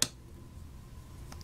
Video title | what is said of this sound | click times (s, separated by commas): Generic Triangular Fountain Pen Review | the case when you thread this in it snaps | 0.0 s